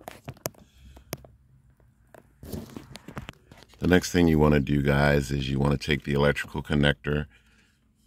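With a Nissan Altima instrument cluster module flipped over, the plastic release tab on its electrical connector is pressed and the plug is pulled out, giving two sharp plastic clicks at 0.5 s and 1.1 s. Brief handling rustle and small ticks follow, then someone talks. The connector comes unlatched and is unplugged from the cluster.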